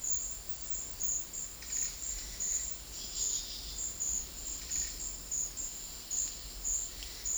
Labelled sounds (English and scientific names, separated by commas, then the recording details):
none
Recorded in dense forest near Puerto Asís, Putumayo, Colombia, on 19 February 2024 at 12:00
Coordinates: 0.500, -76.322
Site G6465